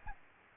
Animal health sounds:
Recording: mosquito wingbeat signal from an infrared sensor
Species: Aedes albopictus

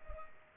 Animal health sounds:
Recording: mosquito wingbeat signal from an infrared sensor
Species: Culex pipiens

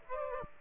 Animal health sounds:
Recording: mosquito wingbeat signal from an infrared sensor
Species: Aedes aegypti

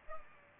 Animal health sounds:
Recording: mosquito wingbeat signal from an infrared sensor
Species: Aedes aegypti

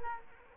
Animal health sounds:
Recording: mosquito wingbeat signal from an infrared sensor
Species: Culex quinquefasciatus

